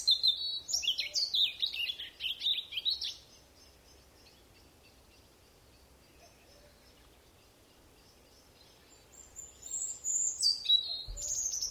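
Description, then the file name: European robin song: a rich, high warbling phrase of rapid varied notes for about three seconds, a long pause, then another thin sparkling phrase near the end. "Erithacus rubecula"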